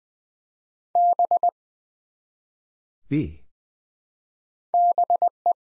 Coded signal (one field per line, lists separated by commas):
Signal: Morse code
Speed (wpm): 21 wpm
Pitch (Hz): 700 Hz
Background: none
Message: B BE